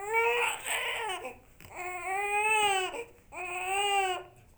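A baby cries in three drawn-out wails, the infant cry sound of a Fisher-Price toy.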